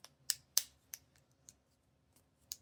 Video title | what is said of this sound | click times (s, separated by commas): How I Built a Safe Solar Filter for My Dobsonian (3D Printed) | The print has the clips that snap into place. | 0.3 s, 0.6 s